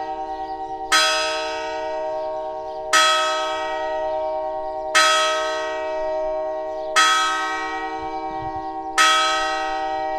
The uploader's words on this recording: Atonal church bells, Sete Cidades. The church bells in Sete Cidades in the Azores ring out - they are somewhat atonal and out of tune. Recorded by Cities and Memory.